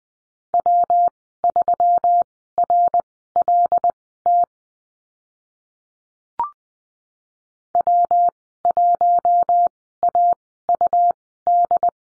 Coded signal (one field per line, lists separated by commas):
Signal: Morse code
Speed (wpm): 20 wpm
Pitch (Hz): 700 Hz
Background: none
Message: W3RLT W1AUD